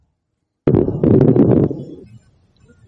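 A single breath of about one and a half seconds carries low, bubbly popping clicks throughout, then fades, heard in an adult's lungs with a stethoscope. These are coarse crackles (rales): wet sounds from air moving through fluid in the airways, as in pulmonary edema, heart failure or infection.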